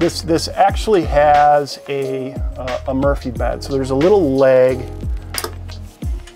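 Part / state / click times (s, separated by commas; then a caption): fold-out support leg on a Murphy bed frame / seated / 5.4 s. Someone talks while unfolding the small support leg on the Murphy bed frame in a Coachmen Freelander 22XG RV. A sharp hit is heard at 5.4 s as the leg locks into place.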